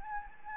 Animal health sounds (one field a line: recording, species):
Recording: mosquito wingbeat signal from an infrared sensor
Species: Anopheles gambiae